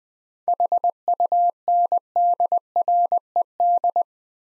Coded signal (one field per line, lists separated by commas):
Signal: Morse code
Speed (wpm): 20 wpm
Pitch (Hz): 700 Hz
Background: none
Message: HUNDRED